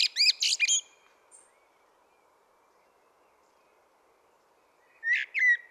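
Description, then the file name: Common blackbird song fragments: a loud burst of high squeaky twitters, a long silence, then the start of another fluted phrase. "Turdus merula"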